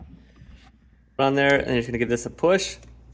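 A new starter solenoid on a 2004 Arctic Cat 400 ATV is being pushed down into its rubber mounting bracket, with faint handling noise for the first second before someone talks. Nothing has seated or clicked yet.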